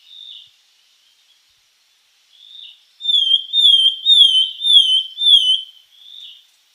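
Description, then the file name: Sultan tit whistling a steady series of five clear, slightly downslurred notes, with softer single whistles before and after. "melanochlora sultanea"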